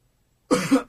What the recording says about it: I just need to push my cough button because I need to cough.